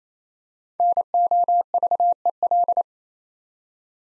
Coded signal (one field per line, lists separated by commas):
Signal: Morse code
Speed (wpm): 29 wpm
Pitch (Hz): 700 Hz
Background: none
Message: NOVEL